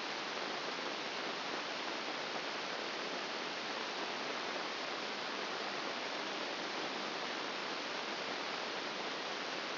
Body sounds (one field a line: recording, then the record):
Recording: brain microelectrode recording played as sound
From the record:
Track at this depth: inside the subthalamic nucleus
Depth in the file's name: 1.505 mm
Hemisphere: left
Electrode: 2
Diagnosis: Parkinson's disease